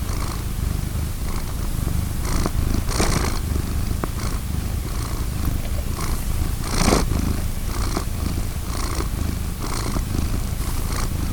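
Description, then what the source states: Purring from a domestic cat, a constant throaty rumble with breathy surges. Purring domestic cat named Vincent, recorded 19 June 2010.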